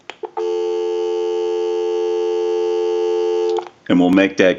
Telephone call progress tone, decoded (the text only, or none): dial tone